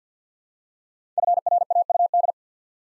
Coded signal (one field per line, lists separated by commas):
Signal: Morse code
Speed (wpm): 50 wpm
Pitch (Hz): 700 Hz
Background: none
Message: FRAUD